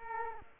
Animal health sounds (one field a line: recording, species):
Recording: mosquito wingbeat signal from an infrared sensor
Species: Culex quinquefasciatus